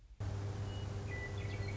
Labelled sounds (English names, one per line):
Western Meadowlark